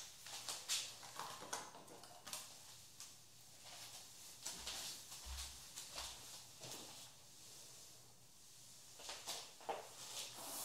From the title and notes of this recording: Haircut Real Hair and No Talking.